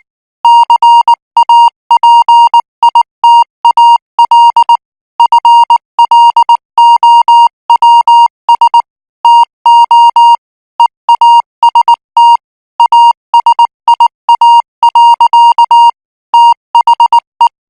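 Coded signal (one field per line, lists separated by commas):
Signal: Morse code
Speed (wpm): 19 wpm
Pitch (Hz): 940 Hz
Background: music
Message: CAPITAL FLOWS TO EAST ASIA. THE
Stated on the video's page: Morse training signal for international radio signals at 18 words per minute.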